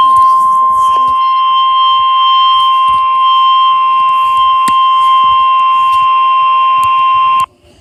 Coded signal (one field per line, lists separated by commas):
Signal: Emergency Alert System (SAME) tones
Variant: 1050 Hz attention tone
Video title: EAS #12 Severe Thunderstorm Warning 5/30/19